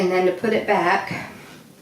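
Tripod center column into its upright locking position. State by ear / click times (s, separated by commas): not seated / none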